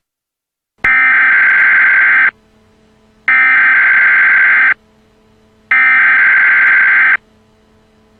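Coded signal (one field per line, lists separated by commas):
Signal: Emergency Alert System (SAME) tones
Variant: header bursts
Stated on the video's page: Fictional mock EAS alert for a missile crisis during an imagined invasion of Lylat.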